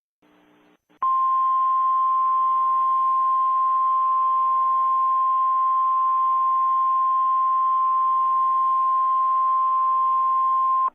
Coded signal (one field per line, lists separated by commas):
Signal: Emergency Alert System (SAME) tones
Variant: 1050 Hz attention tone